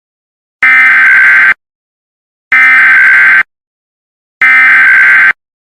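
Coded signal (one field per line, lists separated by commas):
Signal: Emergency Alert System (SAME) tones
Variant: header bursts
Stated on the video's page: Simulated zombie warning remake, made with Filmora 9.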